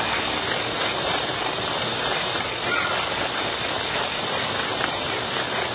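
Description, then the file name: Grasshoppers: steady high-pitched buzzing with rhythmic rasps running without pause. "ptici i kuznechiki"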